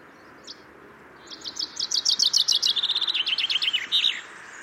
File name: Fringilla coelebs